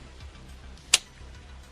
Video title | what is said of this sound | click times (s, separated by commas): How to Use a Torque Wrench | Till it clicks. | 0.9 s